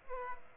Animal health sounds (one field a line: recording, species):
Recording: mosquito wingbeat signal from an infrared sensor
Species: Aedes aegypti